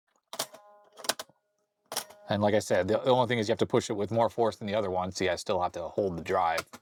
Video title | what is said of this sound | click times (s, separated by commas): Apple 400k Single Sided Floppy Drive Refresh | But it clicks into place quite nicely. | 0.3 s